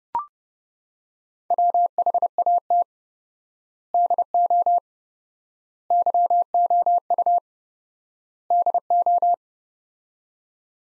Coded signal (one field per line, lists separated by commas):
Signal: Morse code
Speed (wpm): 30 wpm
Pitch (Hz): 700 Hz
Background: none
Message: WHAT DO YOU DO